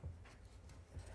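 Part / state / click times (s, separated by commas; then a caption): film advance knob engaging the film in a folding camera / not seated / none. The small film advance knob on a Voigtlander Vito folding camera is turned while loading film, to make the film catch. Soft rubbing and faint ticking sit over a low hum, with a brief faint tick at about 0.7 s. Nothing has seated or clicked yet.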